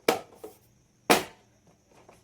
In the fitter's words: Okay, lock అయిపోయింది.